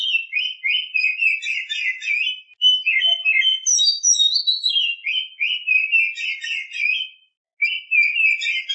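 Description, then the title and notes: Oriental magpie-robin pouring out a long chattering, trilled song with a few rising and falling whistles, pausing briefly before resuming. Champion (juara) bird. "Kicau Burung Kacer Juara. Suara Kicauan Burung Kacer Juara"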